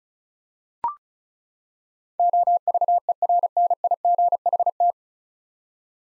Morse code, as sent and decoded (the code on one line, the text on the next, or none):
--- ...- . .-. -. .. --. .... -
OVERNIGHT